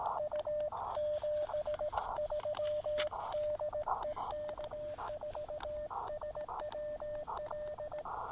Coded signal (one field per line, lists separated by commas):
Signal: Morse code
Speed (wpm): 17 wpm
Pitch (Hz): 590 Hz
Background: radio noise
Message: U 73 DE K4SWL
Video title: Solar Flare! QRP SOTA Activation of The Pinnacle with the Chameleon MPAS Lite and Elecraft KX2